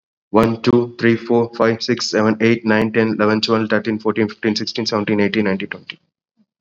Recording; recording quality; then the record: counting at a fast pace; excellent, no background noise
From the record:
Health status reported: COVID-19 positive, mild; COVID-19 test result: positive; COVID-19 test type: RT-PCR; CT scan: not taken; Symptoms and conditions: cough, fever, fatigue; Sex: male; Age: 26 years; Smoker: no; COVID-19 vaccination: both doses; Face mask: worn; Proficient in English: yes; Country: India